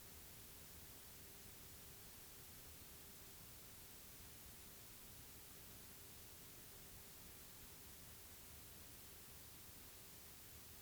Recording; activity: daily activity, guitar pickup as the sensor; sit